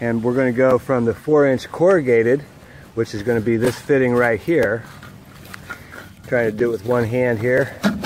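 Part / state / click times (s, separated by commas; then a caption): plastic adapter fitting on 4-inch corrugated drain pipe / not seated / none. A plastic adapter fitting is handled with one hand at the end of 4-inch corrugated drain pipe, with brief handling sounds near 5.5 and 5.9 seconds while someone talks. Nothing has seated or clicked yet; the fitting is not yet snapped on.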